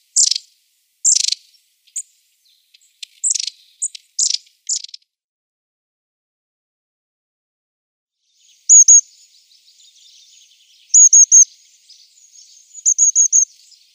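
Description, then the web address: Long-tailed tit calls: a series of buzzy churring bursts, then after a pause short very high triple 'see-see-see' notes repeated a few times. "Schulze Peter Long-tailed Tit"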